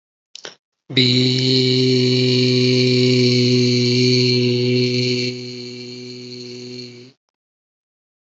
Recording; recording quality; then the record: sustained vowel as in beet; excellent, no background noise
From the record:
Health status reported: healthy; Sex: male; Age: 45 years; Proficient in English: yes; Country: India